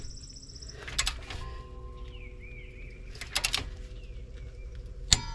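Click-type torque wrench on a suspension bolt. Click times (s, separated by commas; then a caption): 5.1 s. A click-type torque wrench set to 144 ft-lb tightens a suspension bolt during a front CV axle replacement. Ratcheting bursts are heard around 1.0 s and 3.4 s, with faint chirping in between. A sharp click at 5.1 s confirms the set torque has been reached.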